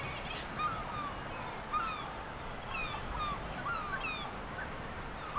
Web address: Black legged kittiwake. دانلود-صدای-پرنده-کاکایی-پاسیاه